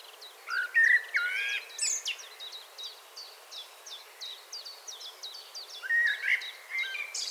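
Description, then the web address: Common blackbird song: two bursts of low whistled warbling with squeaky tails, at the start and near the end, separated by rapid repeated high chipping. "SETE data Turdus merula 181122"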